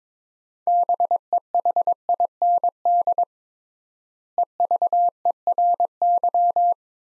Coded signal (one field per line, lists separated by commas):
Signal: Morse code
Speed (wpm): 22 wpm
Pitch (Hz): 700 Hz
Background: none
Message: BEHIND EVERY